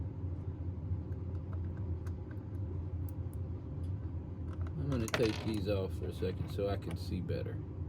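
A 3D-printed plastic roof section for a model railroad watermill kit is handled over the walls of the scale model building, with a steady low hum, small clicks and taps, and someone talking near the end. Nothing has seated or clicked yet; the roof piece is not yet home.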